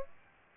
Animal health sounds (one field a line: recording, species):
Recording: mosquito wingbeat signal from an infrared sensor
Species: Aedes aegypti